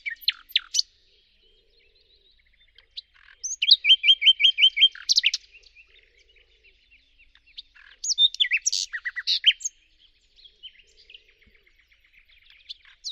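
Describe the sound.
Bird song in bursts of high chirps and rapid trilled notes, with a loud phrase near four seconds and another near nine, separated by quiet gaps with faint background twittering.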